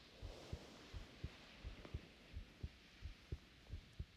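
Soft, steady lub-dub thumps at about 86 beats a minute: a normal adult heartbeat heard with an ear against the chest.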